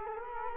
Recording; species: mosquito wingbeat signal from an infrared sensor; Culex quinquefasciatus